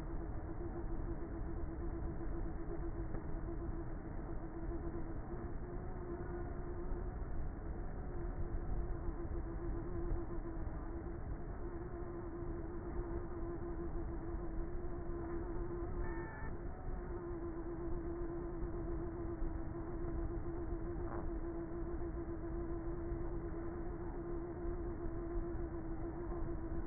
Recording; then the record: honeybee colony, microphone inside the hive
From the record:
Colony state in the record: queenless with a low population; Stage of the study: before two queens were removed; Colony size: about 30,000 bees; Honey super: no